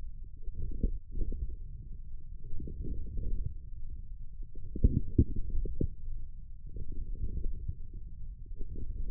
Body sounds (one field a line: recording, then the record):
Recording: forearm muscle sounds (acoustic myography)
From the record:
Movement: wrist flexion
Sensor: system 1, eight BSWA MPA416 microphones around the upper forearm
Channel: 6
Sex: male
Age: 42 years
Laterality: right